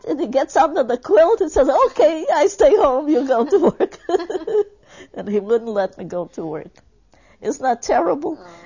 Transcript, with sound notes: and he gets under the quilt and says, "Okay, I stay home, you go to work!" (they laugh) and he wouldn't let me go to work. Isn't that terrible?